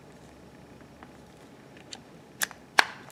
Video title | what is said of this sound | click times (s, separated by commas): 3 - Hang and Focus | Push in, and it's a little click to twist, lock it into position. | 2.8 s